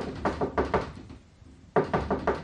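Firm knocking on a wooden door by a messenger from the caliphate palace: a quick set of three raps, a short pause, then another rhythmic burst of four, loud and hollow with no voices.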